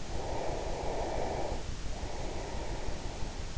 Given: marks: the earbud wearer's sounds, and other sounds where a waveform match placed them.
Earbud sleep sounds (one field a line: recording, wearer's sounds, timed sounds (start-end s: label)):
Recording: sounds in sleep by an in-ear microphone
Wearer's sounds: breath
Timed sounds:
0.11-3.58 s: breath